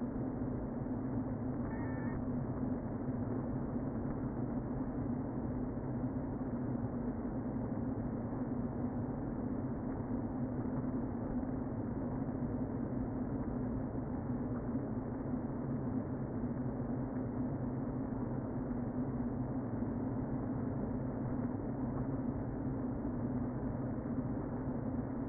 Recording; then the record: honeybee colony, microphone inside the hive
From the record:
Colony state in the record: queen present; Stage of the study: before two queens were removed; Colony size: about 60,000 bees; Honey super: yes